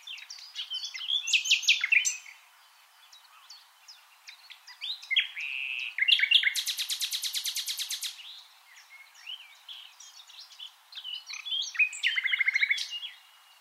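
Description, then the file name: Common nightingale song with rich, varied phrases of whistles and chirps. A long, dense, grating rattle lasts about two seconds in the middle; later comes a quick repeated-note trill. "Luscinia megarhynchos"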